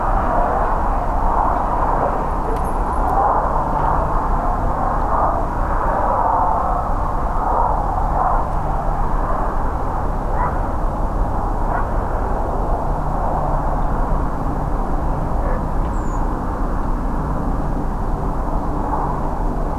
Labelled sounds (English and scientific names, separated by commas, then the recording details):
Redwing (Turdus iliacus)
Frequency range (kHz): Redwing (Turdus iliacus) 6.3-8.3 kHz
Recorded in France